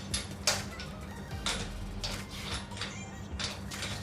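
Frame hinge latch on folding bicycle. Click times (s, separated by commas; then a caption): 0.5 s. On a United Trifold 3S folding bike that has just been unfolded, the metal hinge latch on the main frame is closed and locked. Several mechanical clacks are heard at about 0.1, 0.5, 1.5 and 2.8 seconds, with the loudest at 0.5 s. That is when the frame latch locks into place.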